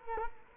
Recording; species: mosquito wingbeat signal from an infrared sensor; Culex quinquefasciatus